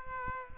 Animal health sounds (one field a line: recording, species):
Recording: mosquito wingbeat signal from an infrared sensor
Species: Aedes aegypti